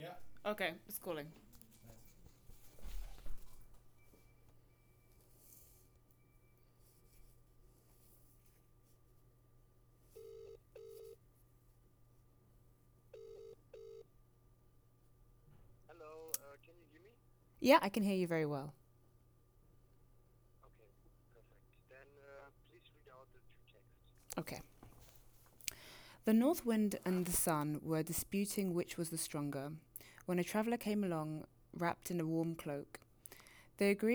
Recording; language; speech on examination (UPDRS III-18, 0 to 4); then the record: text read into a phone; English; 0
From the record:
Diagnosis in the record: healthy control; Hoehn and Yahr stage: 0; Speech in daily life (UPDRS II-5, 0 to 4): 0